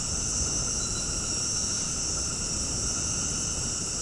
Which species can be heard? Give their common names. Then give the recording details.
none. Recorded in dense forest near Puerto Asís, Putumayo, Colombia, on 20 February 2024 at 19:00. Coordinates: 0.486, -76.316. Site G6437